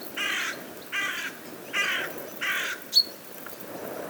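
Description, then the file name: Carrion crow cawing: four harsh, hoarse caws spaced about 0.8 seconds apart, followed by one brief high chirp from another bird. "Corvus corone"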